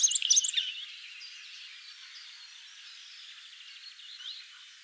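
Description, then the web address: Common redstart song: a short burst of high, varied whistled notes in the first second, then a faint, thin twittering that trails off over the remaining seconds. "vogelstimmen gartenrotschwanz gesang nabu lars lachmann"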